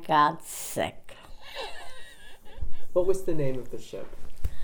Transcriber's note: she laughs